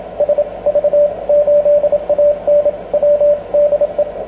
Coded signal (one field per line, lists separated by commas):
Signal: Morse code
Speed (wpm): 27 wpm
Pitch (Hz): 590 Hz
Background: radio noise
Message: SV8ANW DE